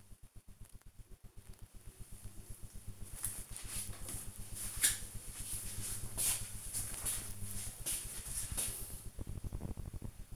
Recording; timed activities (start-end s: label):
household activities, microphone on the right wrist
0.00-3.68 s: making tea